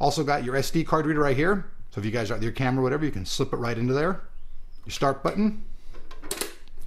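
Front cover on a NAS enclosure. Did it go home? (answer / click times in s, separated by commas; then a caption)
no / none. Someone talks while handling the small front cover on a plastic Thecus N2800 NAS enclosure, near its SD card slot and start button. A few brief handling taps come near the end, but the cover has not clicked closed yet.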